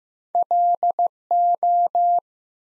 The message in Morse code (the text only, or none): LO